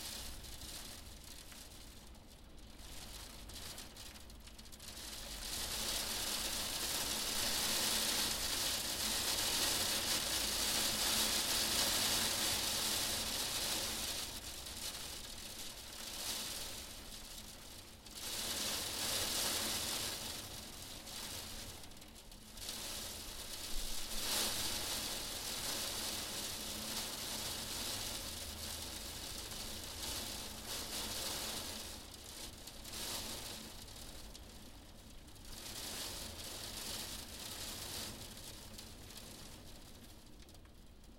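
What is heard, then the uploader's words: Heavy rain and hail pelt a window pane in a dense, hissing wash that rises and falls in gusts, loudest around ten seconds and again near twenty-five. Bright, crackling patter sits over a faint low rumble, easing somewhat toward the end. Heavy rain and hail hitting against a window pane during a winter storm. The sound of the raindrops and hail hitting against the glass. Rain and Hail on Window Pane: Winter Storm Ambiance.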